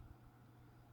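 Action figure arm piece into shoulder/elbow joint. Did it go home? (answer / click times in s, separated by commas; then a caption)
no / none. A plastic action figure arm piece is handled and pressed toward its keyed shoulder/elbow joint peg, with low rumbling handling noise and no distinct click. Nothing has seated or clicked yet.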